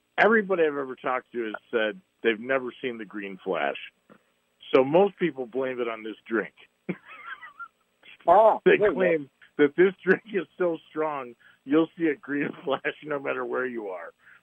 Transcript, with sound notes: Everybody I've ever talked to has said they've never seen the green flash. So most people blame it on this drink. (laughs)
Oh, it was.
They claim that this drink (laughs) is so strong you'll see a green flash (laughs) no matter where you are.